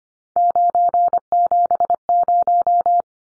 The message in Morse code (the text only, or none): 970